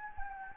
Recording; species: mosquito wingbeat signal from an infrared sensor; Anopheles gambiae